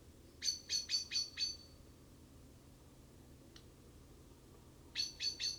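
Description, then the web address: Common blackbird chink calls, a quick run of several sharp metallic notes, a single faint tick, then a few more notes near the end, over low steady background hum. "SETE data Turdus merula"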